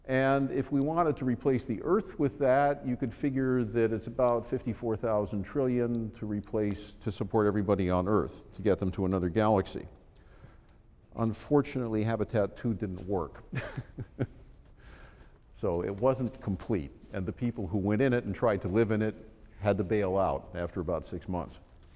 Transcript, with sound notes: and if we wanted to replace the earth with that, you could figure that it's about 54 thousand-trillion to replace- to support everybody on earth, to get them to another galaxy. Unfortunately Habitat II didn't work. [Laughs] So it wasn't complete, and the people who went in it and tried to live in it had to bail out after about six months.